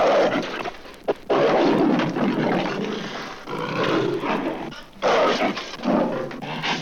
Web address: leopard snarls growls